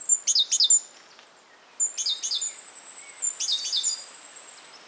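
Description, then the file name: Great tit calling with quick clusters of two or three sharp, chirpy notes, a pause between bursts, and a faint high-pitched whine running behind. "Parus major"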